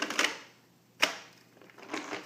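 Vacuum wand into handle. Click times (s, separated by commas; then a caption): 1.0 s. A vacuum wand is inserted into the handle, with the red handle button facing the user. After some faint rattling and handling noise at the start, a sharp click at 1.0 s shows the wand has seated in the handle. Softer handling sounds follow.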